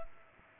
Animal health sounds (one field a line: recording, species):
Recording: mosquito wingbeat signal from an infrared sensor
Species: Culex pipiens